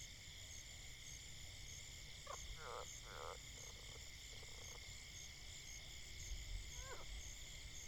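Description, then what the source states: Frog calls come in a few short rattling bursts after two seconds and a lone croak near the end, with steady hiss throughout. Frogs going crazy.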